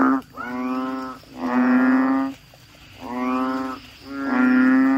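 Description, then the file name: Asian common toad croaking, four long, even, buzzy moans, each lasting around a second and separated by short pauses. "suara kodok bangkong"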